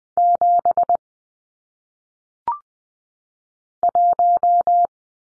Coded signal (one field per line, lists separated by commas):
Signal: Morse code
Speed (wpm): 20 wpm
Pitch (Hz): 700 Hz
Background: none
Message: 7 1